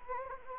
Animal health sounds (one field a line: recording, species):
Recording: mosquito wingbeat signal from an infrared sensor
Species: Anopheles gambiae